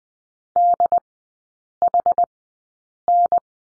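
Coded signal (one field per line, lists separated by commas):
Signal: Morse code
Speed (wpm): 20 wpm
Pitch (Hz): 700 Hz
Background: none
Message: DHN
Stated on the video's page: Morse course lesson on the letter D, three-character groups at Farnsworth 20/10 wpm.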